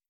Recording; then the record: hydrophone in a shrimp aquaculture tank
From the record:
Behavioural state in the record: starved